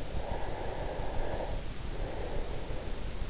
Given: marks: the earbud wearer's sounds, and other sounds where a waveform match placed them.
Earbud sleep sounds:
sounds in sleep by an in-ear microphone; breath
0.00-3.30 s: breath

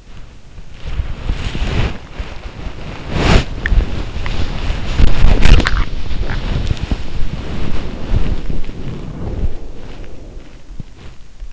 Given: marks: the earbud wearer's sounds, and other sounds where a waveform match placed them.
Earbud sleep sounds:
sounds in sleep by an in-ear microphone; body movement, teeth grinding
0.00-11.53 s: body movement
3.52-4.49 s: teeth grinding
5.33-6.53 s: teeth grinding

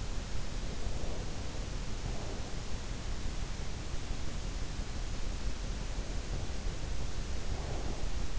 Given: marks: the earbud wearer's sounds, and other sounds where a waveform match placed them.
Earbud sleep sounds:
sounds in sleep by an in-ear microphone; breath
0.45-2.87 s: breath
5.59-8.39 s: breath

